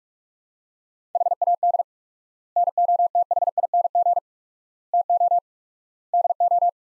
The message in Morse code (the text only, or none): HAD NOTHING TO DO